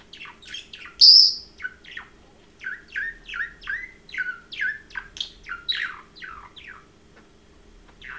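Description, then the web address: Parrot warbling a quick series of downslurred chirps, with one loud shrill squeak near the start. Domestic pet parrot, chirping and talking. "domasen papagal curulika i govori"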